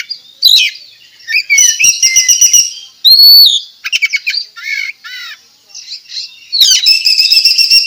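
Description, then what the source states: Oriental magpie-robin song, a rapid jumble of clear whistles, slurred notes, fast rattling trills and scratchy chatter, delivered loudly, with a quieter spell before the end. Tembakan song type, recorded at Tretes; bird singing actively and vigorously, described locally as gacor.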